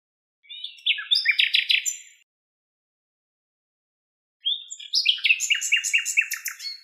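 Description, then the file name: Common nightingale singing two phrases separated by a pause, rich buzzy notes building into rapid repeated staccato trills; no other sounds. "Luscinia megarhynchos"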